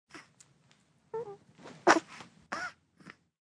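Soft coos and grunts from a 3-week-old baby, with one sharp cough burst midway; an ordinary infant cough amid babbling.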